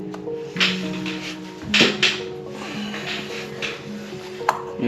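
A 3D-printed plastic top cap is pressed onto a 3D-printed prop thermal detonator shell, over the wired electronics inside, while music plays in the background. It snaps into place with a sharp click at 4.5 s, seating the top on the shell.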